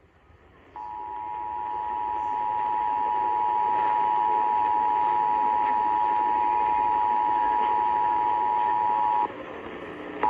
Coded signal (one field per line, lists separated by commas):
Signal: Emergency Alert System (SAME) tones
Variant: 853 and 960 Hz attention tone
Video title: February 2023 Tennessee Required Monthly Test on WLAC-AM 1510 & WSM-AM 650 (EAS #298-299)